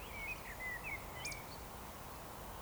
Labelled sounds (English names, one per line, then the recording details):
Eurasian Woodcock whistle
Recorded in Baden-Württemberg, Germany, on 14 June 2020 at 19:29 UTC
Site 43791, 788 m above sea level